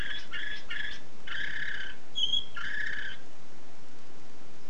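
Canary song of harsh, buzzy rolled phrases with a single bright whistled note in the middle.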